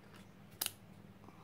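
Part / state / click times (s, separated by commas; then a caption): hose quick-connect coupling into a 12V water pump outlet / partly seated / 0.6 s. A plastic hose quick-connect coupling is pushed the wrong way, without pulling its locking ring back, onto the outlet of a 12V solar water pump (Mini Pump MS-6A / MS-6B). A sharp click at 0.6 s is followed at once by a smaller pop, with a faint tap near 1.3 s. The coupling has only partly latched: it still wobbles, is not pushed fully home, and will leak water.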